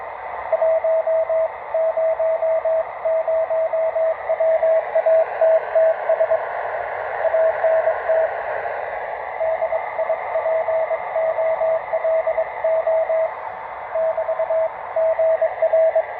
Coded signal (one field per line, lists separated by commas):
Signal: Morse code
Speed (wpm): 22 wpm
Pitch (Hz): 650 Hz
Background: radio noise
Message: 100WATTS ANT DIPOLO <BT> GR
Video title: PY3DU E SEU QRP CHEGA BEM LONGE #py1ax